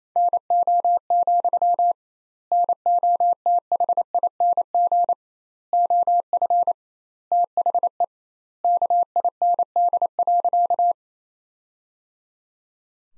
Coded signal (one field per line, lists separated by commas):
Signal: Morse code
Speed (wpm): 28 wpm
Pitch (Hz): 700 Hz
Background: none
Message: NO, NOTHING OF THE KIND.